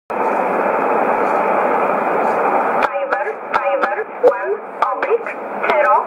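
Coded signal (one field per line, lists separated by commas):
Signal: numbers station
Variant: E11, English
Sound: shortwave hiss, then a voice reading short, evenly spaced words, likely numbers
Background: radio static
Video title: 25 08 2015 Numbers Station E11 in English 1925 on 11581 USB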